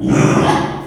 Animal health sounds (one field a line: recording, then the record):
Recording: squeal of a Yucatan mini pig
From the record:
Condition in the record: after surgery on the right vocal fold (resection and tissue-engineered implant)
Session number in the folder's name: 3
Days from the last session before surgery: 33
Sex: male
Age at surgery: 12 weeks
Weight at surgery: 13 kg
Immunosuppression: cyclosporine, prednisolone